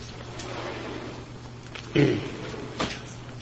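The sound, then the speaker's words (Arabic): A door is opened during an open lecture session by Sheikh Muhammad ibn Salih al-Uthaymeen, with a dull thud partway through, followed by a softer knock a moment later, over a steady low electrical hum and faint background murmur. “لا افتح الباب عشان الأخوان اللي برا يسمعون، افتحوا مرة نهائي.”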